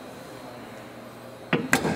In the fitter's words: you hear the click